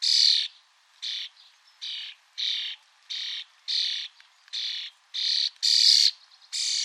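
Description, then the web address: Bird calling with a rapid series of short, rasping, high-pitched notes, about one and a half per second, fairly evenly spaced, with faint softer notes in between. "Deverinetal 2025. Bird Only"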